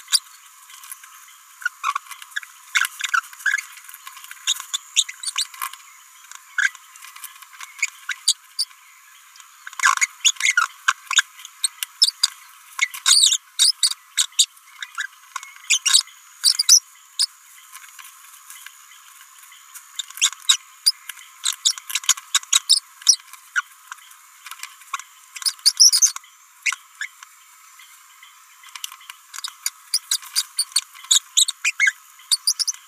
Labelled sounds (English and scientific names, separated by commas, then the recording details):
Green-rumped Parrotlet (Forpus passerinus) babbling
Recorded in a nest box in Venezuela
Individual 18B17A3